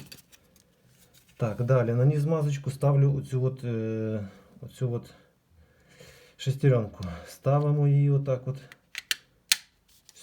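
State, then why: Seated. Someone talks while a small plastic gear is placed into the greased steering-wheel clock spring (cable cassette) housing of a Renault Megane 2 / Scenic 2 and pressed in. Two sharp plastic clicks sound at 9.1 s and 9.5 s as the gear seats in place.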